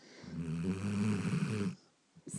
A 2-year-old dog. She sounds like she should be about 12. Snoring.